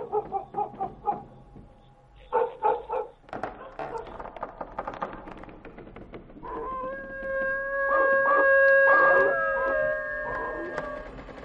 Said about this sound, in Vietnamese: Con chó nhà hàng xóm bấy giờ cứ chĩa sang bên này mà chu lên rồi cắn ông ầm.